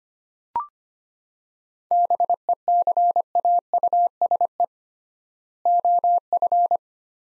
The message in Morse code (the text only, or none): BECAUSE OF